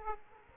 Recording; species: mosquito wingbeat signal from an infrared sensor; Aedes aegypti